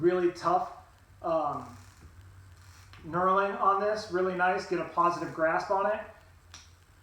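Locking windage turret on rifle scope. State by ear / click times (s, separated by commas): seated / 6.5 s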